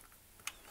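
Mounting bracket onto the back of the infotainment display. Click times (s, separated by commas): 0.5 s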